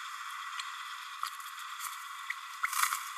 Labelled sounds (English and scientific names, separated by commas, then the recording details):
Green-rumped Parrotlet (Forpus passerinus) babbling
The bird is a female
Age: 30 days
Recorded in a nest box in Venezuela
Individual 17B32A7